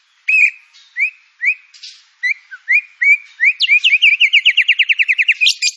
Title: PANCINGAN MURAI BATU. MURAI BATU FULL MATERI ISIAN